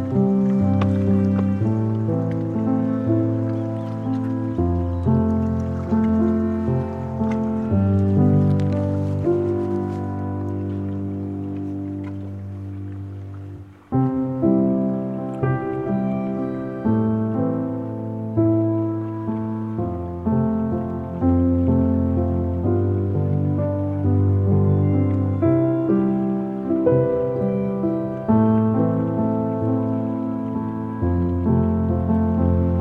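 A soundwalk in Kapalua, Maui, Hawaii catches continuous music, with a deep bass line and chords changing every few seconds, briefly dropping near fourteen seconds.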